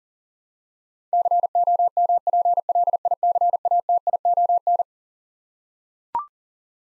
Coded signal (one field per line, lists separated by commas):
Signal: Morse code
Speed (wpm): 40 wpm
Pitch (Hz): 700 Hz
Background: none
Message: COMPLICATION